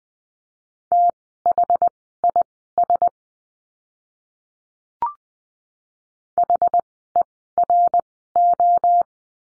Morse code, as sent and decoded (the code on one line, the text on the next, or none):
- .... .. ... / .... . .-. ---
THIS HERO